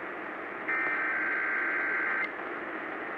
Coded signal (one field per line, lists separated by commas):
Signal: Emergency Alert System (SAME) tones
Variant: header bursts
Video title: Required Weekly Test On KDKA 6/20/21 (EAS #685)